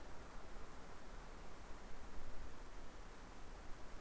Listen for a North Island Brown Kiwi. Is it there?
no